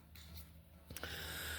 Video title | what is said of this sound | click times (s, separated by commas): INSPECTION Before SERVICE For HONDA Snowblower ! | Make sure it locks in place, doesn't pop out. | 1.0 s